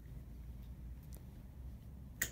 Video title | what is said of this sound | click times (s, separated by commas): How To Use A Syringe | and you can hear that snap the syringe is locked at this point okay | 2.2 s